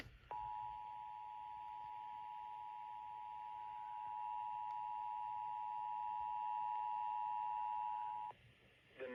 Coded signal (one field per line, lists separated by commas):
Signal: Emergency Alert System (SAME) tones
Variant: 853 and 960 Hz attention tone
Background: speech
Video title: Scholastic Storms II: Midnight Nightmare (EAS Alerts from 4/1/23) EAS #42-#51